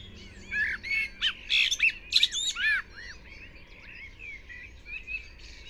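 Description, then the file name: Common blackbird song: slurred, arching fluted notes in a quick burst, then squeaky high twitters, with other birds chirping faintly throughout. "Turdus merula"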